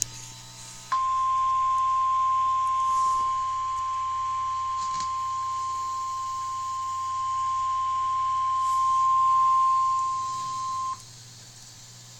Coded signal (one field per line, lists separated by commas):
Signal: Emergency Alert System (SAME) tones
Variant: 1050 Hz attention tone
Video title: EAS Alert #83- Tornado Warning 1/22/11